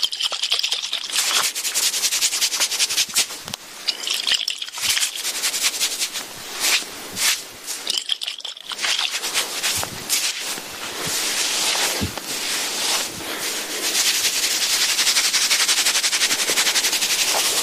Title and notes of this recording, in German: sanfte Massageklänge. Klänge der Massageinstrumente